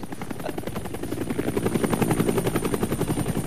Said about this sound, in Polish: Z miejsca startu zawsze startował pierwszy śmigłowiec papieski.